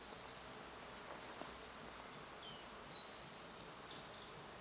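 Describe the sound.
Common chaffinch repeating a short, high, bright chirp four times at about one-second intervals.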